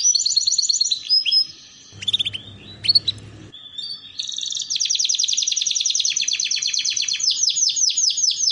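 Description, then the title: Canary song opening with whistled notes, a short noisy break with chirps, then a long rapid rolling trill of repeated sweeps. Belgian canary song played to warm up, lure and train canaries, a master song for young canaries learning to sing. "Canto Para Esquentar Canário Belga. Terapi Pancingan Suara Kenari Gacor || Masteran Kenari Paud Belajar Bunyi"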